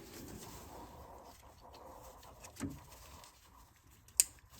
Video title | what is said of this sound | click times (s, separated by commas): Ford Superduty/Excursion 6.8L V10 Oil Filter Adapter Gasket Replacement How-To | make sure you hear the that click no we're on there and locked | 4.2 s